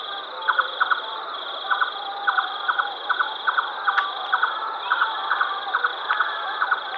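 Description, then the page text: Red-necked nightjar calling in a steady run of paired knocks over a constant high-pitched drone. "Red-Necked Nightjar Call. Quick Sounds"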